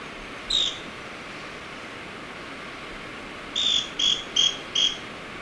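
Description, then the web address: Scale-crested pygmy-tyrant giving one sharp buzzy note, then after a pause a series of four clipped, trilled notes in quick succession; constant background hiss. Recorded in Ecuador. "Natures Songs S America Birds of Ecuador Scale-crested Pygmy-Tyrant"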